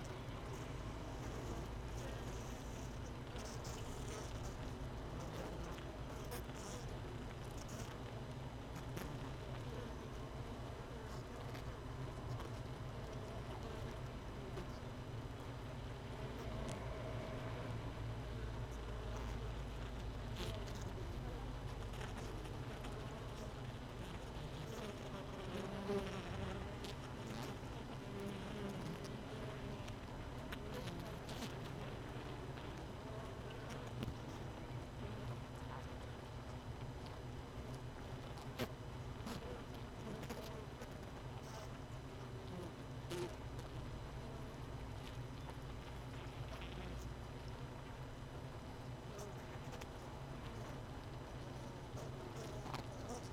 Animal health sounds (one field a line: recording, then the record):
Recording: honeybee colony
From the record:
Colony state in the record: missing queen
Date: 31 May 2018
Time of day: 17:36